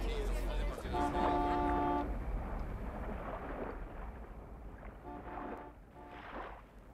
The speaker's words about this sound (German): Man hat die Hupe schon von fern gehört.